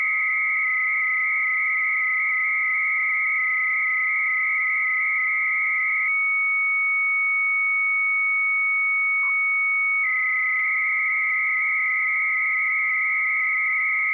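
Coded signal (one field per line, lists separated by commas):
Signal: 300-baud modem data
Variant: Bell 103, 300 baud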